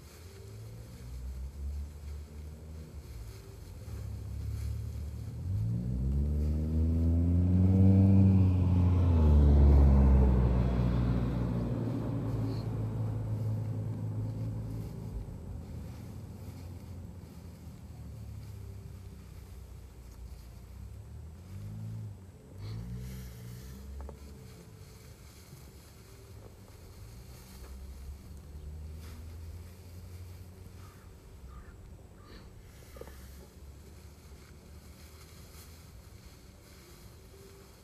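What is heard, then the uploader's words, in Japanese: A binder cuts rice as its small engine drone swells to its loudest around eight to ten seconds, the pitch bending as it passes, then settles into a lower, steady hum. Scattered knocks and clatters come near 23 and 33 seconds over soft wind noise. バインダーで稲刈り、ハザ掛け。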